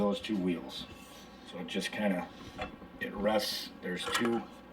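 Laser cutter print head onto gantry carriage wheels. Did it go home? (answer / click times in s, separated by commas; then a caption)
no / none. The magnetic print head of a Glowforge Pro laser cutter is held tight and pushed onto its gantry carriage, over two wheels, while someone talks. Soft rubbing and handling noises come through, with a small sharp burst at the very end. Nothing has seated or snapped into its slots yet.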